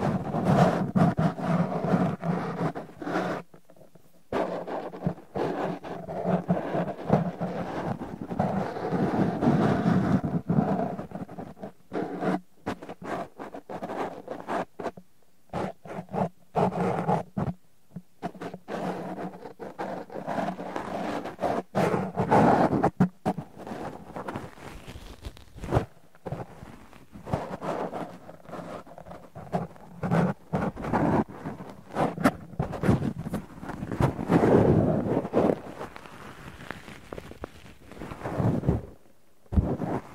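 Cotton and tweezers rustle and scrape in a dense, continuous crackle, with a low steady hum underneath. The texture swells and thins, broken by brief silent gaps, most often between about 12 and 18 seconds and again near the end.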